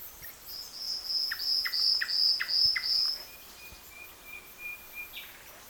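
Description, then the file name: Common nightingale song: a fast run of repeated sharp high notes, about seven in a row, then a thin sustained whistle repeated softly several times. "Luscinia megarhynchos"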